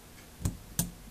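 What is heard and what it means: A small punch pushes the extractor in sideways into the steel bolt of a 10/22 rifle, and the spring plunger moves forward to capture it. A soft tick at 0.5 s is followed by a sharper, louder snap at 0.8 s, when the extractor seats in place.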